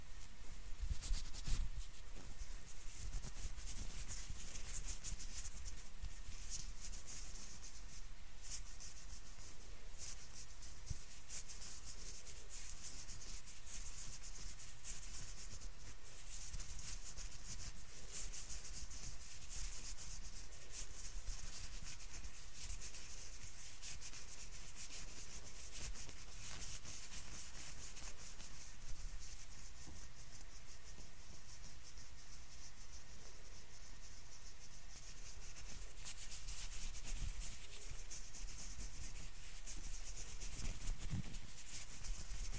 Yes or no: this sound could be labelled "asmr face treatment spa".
yes